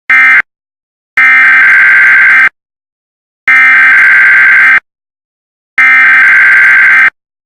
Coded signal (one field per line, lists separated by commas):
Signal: Emergency Alert System (SAME) tones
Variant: header bursts